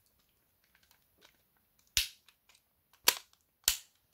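A plastic button piece from an eXtremerate RISE 2.0 back button kit (BDM-010/BDM-020) for a PS5 controller is lined up and pushed into the controller shell. It gives sharp plastic snaps at about 2.0 s and 3.7 s, with another loud snap at about 3.1 s. The piece seats in place.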